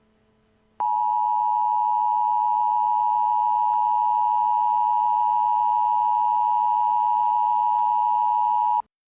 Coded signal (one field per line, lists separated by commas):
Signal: Emergency Alert System (SAME) tones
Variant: 853 and 960 Hz attention tone